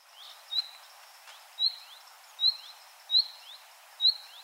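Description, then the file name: Common nightingale giving sparse rising whistles, five in all, spaced about a second apart, each followed by a fainter downslurred note, over a quiet hiss. "Luscinia megarhynchos"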